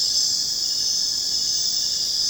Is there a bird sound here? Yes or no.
no